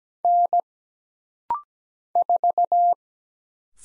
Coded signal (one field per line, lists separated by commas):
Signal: Morse code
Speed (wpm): 17 wpm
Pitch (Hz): 700 Hz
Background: none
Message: N 4